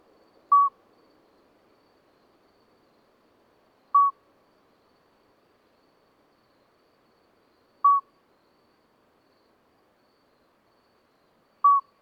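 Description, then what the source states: Common midwife toad song: four short, clear bell-like notes spaced nearly four seconds apart, otherwise quiet night. Two calling toads at Lesches-en-Diois, 13 May 2020, at night after two days of rain with dripping vegetation, singing until daybreak; recorded on Nagra Seven with MKH40 microphone.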